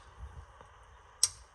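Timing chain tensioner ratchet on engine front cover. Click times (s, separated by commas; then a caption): 1.2 s. On a 2005–2006 Acura RSX Type-S 2.0L, a pry bar levers against the metal timing chain guide/tensioner on the engine front cover so the ratchet advances one more notch. After a faint tick at 0.6 s, a sharp metallic click rings out at 1.2 s over a low background hum. The tensioner has seated one more click and the chain is confirmed tight.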